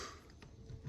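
The front attachment latch of a Tactical Brass Recovery (TBR) bag for the MCR, on its firearm mount, is unlocked and locked. A small, sharp click is heard at 0.4 seconds against a quiet background. The latch locks into place.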